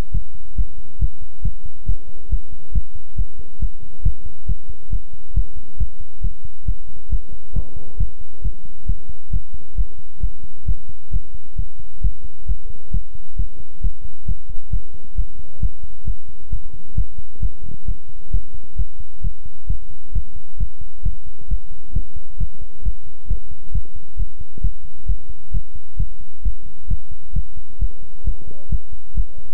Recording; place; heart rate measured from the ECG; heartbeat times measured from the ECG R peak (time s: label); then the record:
heart sounds by stethoscope; between the tricuspid and mitral areas; 134 bpm
0.12 s: heartbeat
0.56 s: heartbeat
0.99 s: heartbeat
1.42 s: heartbeat
1.86 s: heartbeat
2.29 s: heartbeat
2.72 s: heartbeat
3.16 s: heartbeat
3.59 s: heartbeat
4.03 s: heartbeat
4.46 s: heartbeat
4.90 s: heartbeat
5.34 s: heartbeat
5.78 s: heartbeat
6.21 s: heartbeat
6.65 s: heartbeat
7.09 s: heartbeat
7.53 s: heartbeat
7.97 s: heartbeat
8.42 s: heartbeat
8.86 s: heartbeat
9.30 s: heartbeat
9.75 s: heartbeat
10.20 s: heartbeat
10.66 s: heartbeat
11.11 s: heartbeat
11.56 s: heartbeat
12.01 s: heartbeat
12.46 s: heartbeat
12.91 s: heartbeat
13.36 s: heartbeat
13.81 s: heartbeat
14.26 s: heartbeat
14.70 s: heartbeat
15.15 s: heartbeat
15.60 s: heartbeat
16.05 s: heartbeat
16.50 s: heartbeat
16.95 s: heartbeat
17.40 s: heartbeat
17.85 s: heartbeat
18.31 s: heartbeat
18.76 s: heartbeat
19.21 s: heartbeat
19.67 s: heartbeat
20.12 s: heartbeat
20.57 s: heartbeat
21.03 s: heartbeat
21.48 s: heartbeat
21.93 s: heartbeat
22.38 s: heartbeat
22.83 s: heartbeat
23.28 s: heartbeat
23.72 s: heartbeat
24.17 s: heartbeat
24.61 s: heartbeat
25.06 s: heartbeat
25.51 s: heartbeat
25.97 s: heartbeat
26.42 s: heartbeat
26.88 s: heartbeat
27.33 s: heartbeat
27.79 s: heartbeat
28.24 s: heartbeat
28.69 s: heartbeat
29.14 s: heartbeat
From the record:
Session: pedaling a stationary bicycle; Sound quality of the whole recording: good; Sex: male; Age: 24 years